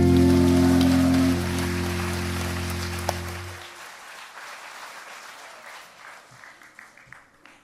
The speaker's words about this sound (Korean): 박수치기가 잘 안 맞지요?